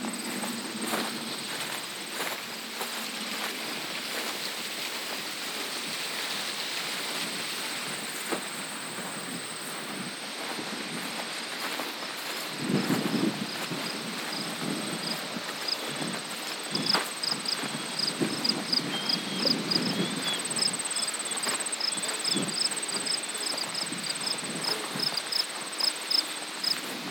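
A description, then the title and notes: Footfalls on a farm trail, soft and irregular for the first half, then firmer crunching steps with scuffs from about 13 seconds on. A steady high insect whine runs throughout, joined later by rapid, evenly pulsing cricket chirps. Footfalls on a Farm Trail. Footsteps of your equine friends on the Eastmanville Farm Trail in Coopersville, Michigan.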